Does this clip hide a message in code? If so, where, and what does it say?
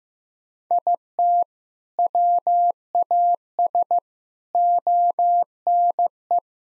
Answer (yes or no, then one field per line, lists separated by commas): yes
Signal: Morse code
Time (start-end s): 0.7-6.4 s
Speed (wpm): 15 wpm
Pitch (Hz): 700 Hz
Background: none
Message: IT WAS ONE